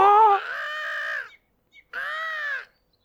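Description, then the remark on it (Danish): A seagull high up in the air, flying over Bamse the teddy bear, cries twice: a long, harsh, wailing call, then a brief pause and a shorter second cry, loud and nasal with a raspy, harmonic tone and no talking. “Bamse bliver helt forskrækket, men så får han øje på en måge højt oppe i luften.”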